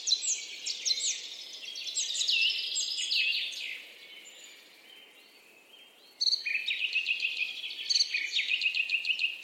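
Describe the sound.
Birdsong: busy high twittering, a quieter lull near the middle, then rapid repeated chirps that return abruptly and run steadily to the end.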